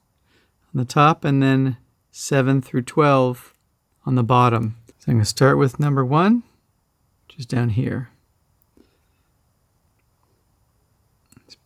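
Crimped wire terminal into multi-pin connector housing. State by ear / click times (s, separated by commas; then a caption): not seated / none. Someone talks while lining up a crimped wire terminal at position number one on the bottom row of a 12-position multi-pin connector housing, ready to push it in. After the talking, only faint, brief handling ticks are heard near the end. The terminal has not seated or clicked yet.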